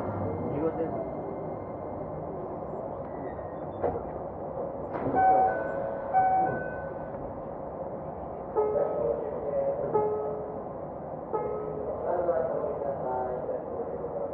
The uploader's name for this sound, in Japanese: 京急2100形 横浜〜三崎口